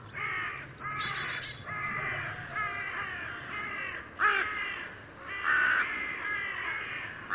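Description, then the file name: Carrion crow giving harsh, hoarse caws in a rough series, some short and some drawn out. "Corvus corone"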